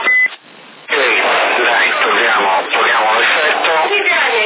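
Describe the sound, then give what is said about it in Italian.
A brief electronic beep, then a pause, then a tinny, band-limited CB radio voice from Sassari, Italy, talking steadily, its words smeared by a strong repeating echo effect. “Invece da parte mia il tuo segnale è identico, in compenso hai mega profondità acustica stavolta, anche se l'eco a volte tende a essere un po' troppo invadente.”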